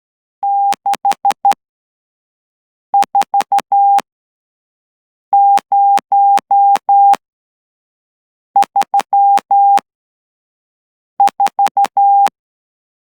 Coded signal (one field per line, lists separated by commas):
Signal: Morse code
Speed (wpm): 11 wpm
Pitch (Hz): 800 Hz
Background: none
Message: 64034